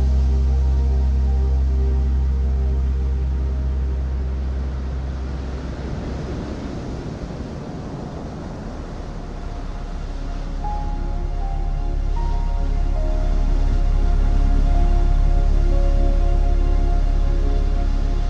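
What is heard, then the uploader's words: Calm piano music plays over ocean waves, with long held low notes and soft sustained chords throughout. A wave swells in the middle, around seven to ten seconds, its wash briefly rising over the piano. Brighter single notes then enter near eleven to fourteen seconds. Calm Piano Music and Ocean Waves. Peaceful Piano Gentle Ocean.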